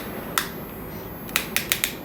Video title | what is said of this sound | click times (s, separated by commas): Best Torque Screwdriver for ONLY ..... | and then you should hear it click once it gets to its maximum tension | 1.4 s, 1.6 s, 1.7 s, 1.8 s